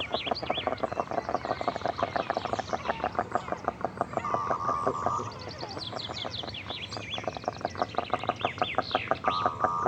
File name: Digiffects Sound Effects Library - Close Goosander Bird Version 2